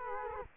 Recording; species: mosquito wingbeat signal from an infrared sensor; Culex quinquefasciatus